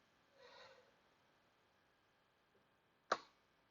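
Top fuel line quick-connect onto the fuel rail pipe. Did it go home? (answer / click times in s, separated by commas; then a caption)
yes / 3.1 s. On a Chevy Trailblazer 5.3L during a fuel injector replacement, the top fuel line quick-connect is slid onto the fuel rail pipe. A soft rustling scrape around 0.4–0.9 s and a faint tick near 2.6 s lead to one sharp, bright click at 3.1 s. The connector seats.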